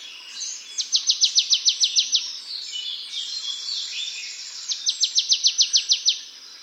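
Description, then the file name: Marsh tit gives two rapid rattling runs of sharp notes of similar length, separated by a pause of a few seconds. "Poecile palustris"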